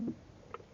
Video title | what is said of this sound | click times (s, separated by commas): How To Install Aftermarket Back Up Camera On 2016 Audi Q5 | All right, all we do is to unclip this one. | 0.5 s